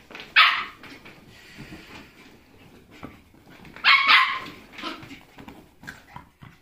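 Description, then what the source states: Domestic dog barking, two loud sharp barks several seconds apart, with quieter yips, scrabbling paws and movement between them. Dogs doing laps of the lounge.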